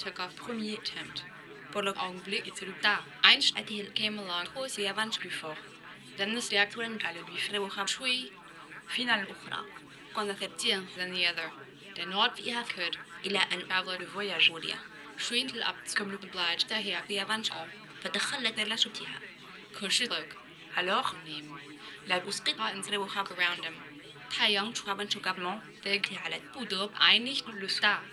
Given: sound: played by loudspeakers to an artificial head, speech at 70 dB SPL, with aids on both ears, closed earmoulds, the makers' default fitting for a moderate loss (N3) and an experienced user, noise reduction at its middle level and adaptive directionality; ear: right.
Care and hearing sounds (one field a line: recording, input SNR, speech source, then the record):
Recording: speech test signal (ISTS) in cocktail-party noise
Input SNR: +6 dB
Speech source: on the right (90 degrees)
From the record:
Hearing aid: class 1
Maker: E